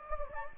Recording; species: mosquito wingbeat signal from an infrared sensor; Anopheles gambiae